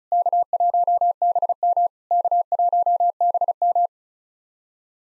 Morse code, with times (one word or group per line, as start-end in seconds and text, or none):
0.1-1.9 K1BM
2.1-3.9 K1BM